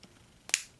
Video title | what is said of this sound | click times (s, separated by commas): Transformers Siege Astrotrain Leader Class War for Cybertron Hasbro Action Figure 4K Mini Review | that's a good ol click alright and then double | 0.5 s